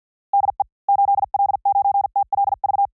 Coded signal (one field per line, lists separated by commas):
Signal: Morse code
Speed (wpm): 50 wpm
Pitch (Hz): 800 Hz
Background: none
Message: DE 8L9TLV